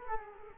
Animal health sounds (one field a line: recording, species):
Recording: mosquito wingbeat signal from an infrared sensor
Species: Culex quinquefasciatus